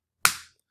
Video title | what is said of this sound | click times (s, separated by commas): Making the Reservoir - Part 4 of 3D Modeling a Water Gun | once I hear it click | 0.2 s